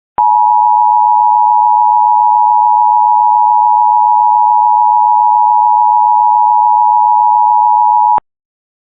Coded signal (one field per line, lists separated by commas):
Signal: Emergency Alert System (SAME) tones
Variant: 853 and 960 Hz attention tone